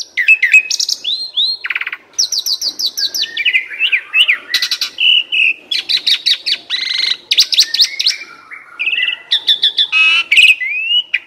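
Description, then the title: Asian pied starling song, a fast varied medley of whistles, buzzy rattles and trilled phrases, constantly changing pitch with short repeated note series. Used to train cage birds that sing too little or are sluggish. "Masteran Jalak Suren Atasi Burung KURANG GACOR Dan LOYO"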